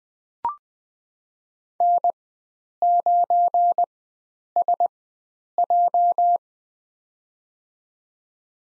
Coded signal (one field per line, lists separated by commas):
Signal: Morse code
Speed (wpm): 20 wpm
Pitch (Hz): 700 Hz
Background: none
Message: N9SJ